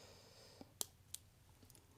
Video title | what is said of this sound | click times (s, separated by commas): Samsung Galaxy Watch 5 Pro Carbon Fiber Band : Pitaka has a winner! | and it'll snap into place just like that | 0.8 s